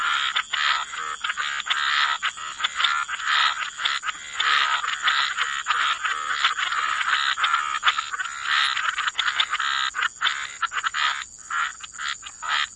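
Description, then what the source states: Dense frog chorus, many rasping croaks overlapping into a near-constant rattle, with a thin high tone throughout. Frog chorus mixed with white noise, for sleep.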